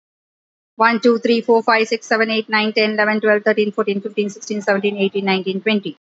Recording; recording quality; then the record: counting at a fast pace; excellent, no background noise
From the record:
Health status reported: healthy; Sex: female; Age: 54 years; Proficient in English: yes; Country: India